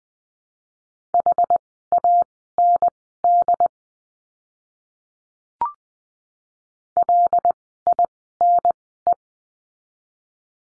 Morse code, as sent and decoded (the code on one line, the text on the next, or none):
.... .- -. -.. / .-.. .. -. .
HAND LINE